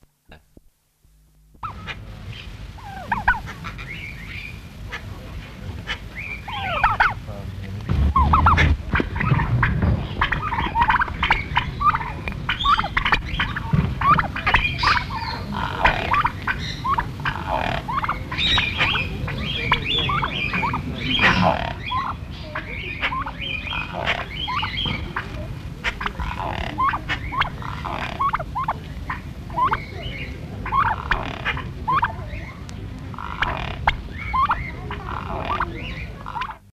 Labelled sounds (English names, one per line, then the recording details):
Helmeted Guineafowl call
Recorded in captivity
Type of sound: call
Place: Zoo Wuppertal, Nordrhein-Westfalen, DE
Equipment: Halbspur, 9,5 cm/s
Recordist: Lütgens, Hans
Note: Rufe